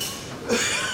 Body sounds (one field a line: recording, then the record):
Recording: coughing mixed with background sound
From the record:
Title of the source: Spring Cold Coughing 2